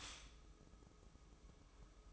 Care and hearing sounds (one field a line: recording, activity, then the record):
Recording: daily activity, microphone in the room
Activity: stop toaster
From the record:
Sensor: 1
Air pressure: 995.3 hPa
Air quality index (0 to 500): 25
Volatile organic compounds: 0 ppm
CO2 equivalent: 500 ppm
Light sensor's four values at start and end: 18/58/21/23 and 18/58/21/23